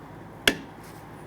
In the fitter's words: Press it on until you hear it snap in.